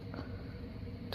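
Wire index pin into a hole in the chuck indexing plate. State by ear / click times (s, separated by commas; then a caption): seated / 1.1 s. A lathe chuck is rotated on a homemade plywood indexing jig until a bent hanger-wire pin drops into the next hole in the chuck indexing plate. Over a steady low hum, the pin pops in with a sharp click at 1.1 s. It seats and locks the chuck in place so it doesn't move.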